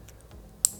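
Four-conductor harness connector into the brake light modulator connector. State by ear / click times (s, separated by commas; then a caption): seated / 0.6 s. A four-conductor plastic harness connector is pushed into the brake light modulator connector while pre-configuring the harness for a 2008–2016 Yamaha R6. A few faint ticks come before a sharp, loud snap at 0.6 s. The connector seats.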